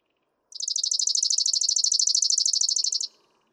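Chipping Sparrow song, a single rapid dry trill of high chip notes lasting about two and a half seconds, steady in pitch, with faint low background noise.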